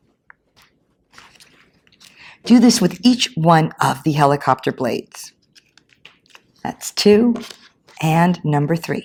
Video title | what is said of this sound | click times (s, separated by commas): The Flying Helicopter | Make sure that the slit lines up with the tab and press it on until you hear it click. | 0.3 s